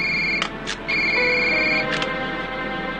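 A telephone rings with a steady, high electronic warble that holds for a couple of seconds, broken by a few short clicks, over a low background hum and no talking.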